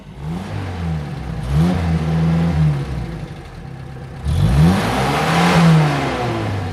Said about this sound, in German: Nun das Auto.